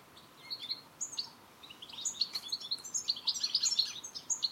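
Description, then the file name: European goldfinch calls, scattered high chirps at first, then a fast cascade of tinkling twitters filling the last half. "Carduelis carduelis"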